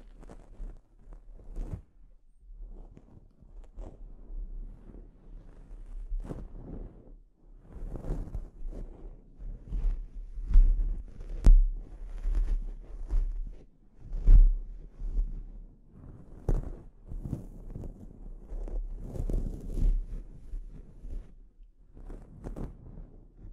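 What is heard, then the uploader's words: A scalp treatment: irregular rustling and scratching strokes come in quick clusters, some sharper bursts louder midway, over a steady low rumble. ASMR Sleep Inducing Scalp Treatment (No Talking).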